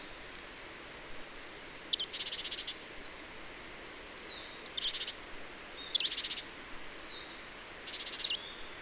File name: Poecile palustris